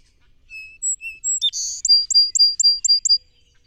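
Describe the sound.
Song sparrow song: a few spaced high whistled notes, a harsh buzzy burst, then a steady trill of several clipped chirps ending the phrase.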